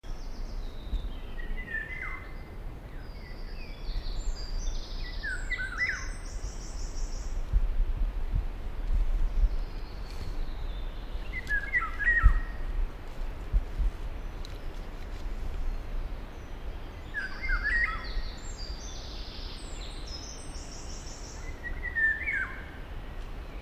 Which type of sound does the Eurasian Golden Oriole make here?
song